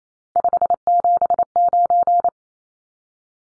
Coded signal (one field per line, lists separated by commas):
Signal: Morse code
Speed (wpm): 28 wpm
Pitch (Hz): 700 Hz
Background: none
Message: 579